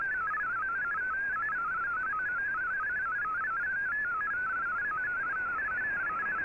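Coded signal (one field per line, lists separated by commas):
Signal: multi-tone FSK (Olivia or MFSK type)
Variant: MFSK16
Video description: Here is my decode of the Shortwave Radiogram broadcast today on 15770Khz shortwave radio at 1300UTC in MFSK16, 32 and 64 and with 10 SSTV images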